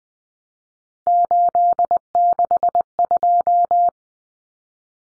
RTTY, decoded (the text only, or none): none